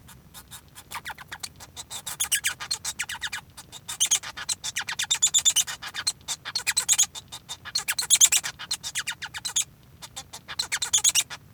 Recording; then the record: song of a male Bengalese finch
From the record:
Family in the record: son of father 1